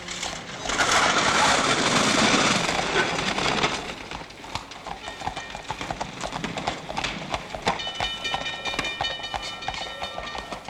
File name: Bells and Horses